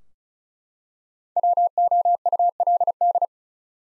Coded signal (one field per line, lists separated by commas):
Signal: Morse code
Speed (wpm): 34 wpm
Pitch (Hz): 700 Hz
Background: none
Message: WOULD